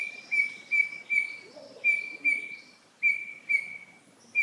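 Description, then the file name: Grey-headed robin calling: level whistled notes near one pitch, in tight groups of two or three. "Heteromyias Cinereifrons"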